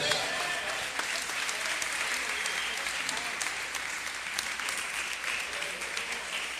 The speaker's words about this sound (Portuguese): Dá um glória a Deus e dá um aplauso ao Senhor.